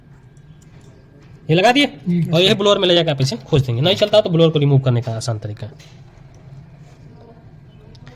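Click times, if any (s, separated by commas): 7.9 s, 8.1 s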